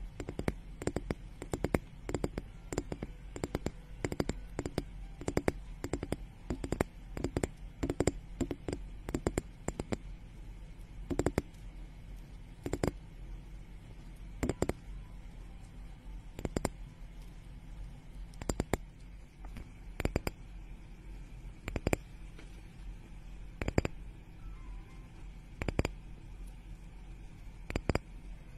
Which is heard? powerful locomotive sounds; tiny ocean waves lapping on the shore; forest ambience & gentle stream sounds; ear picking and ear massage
ear picking and ear massage